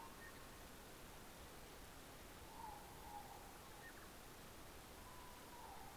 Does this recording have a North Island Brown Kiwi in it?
no